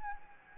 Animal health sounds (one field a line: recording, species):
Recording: mosquito wingbeat signal from an infrared sensor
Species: Anopheles gambiae